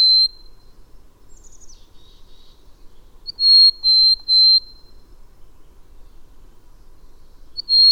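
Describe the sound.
Bird singing one full phrase of three even, high whistles, preceded by a faint descending note, with fragments of the phrase at the start and end.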